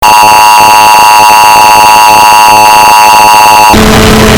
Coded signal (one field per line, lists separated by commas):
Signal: Emergency Alert System (SAME) tones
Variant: 853 and 960 Hz attention tone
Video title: None Islands EAS Alarm 1918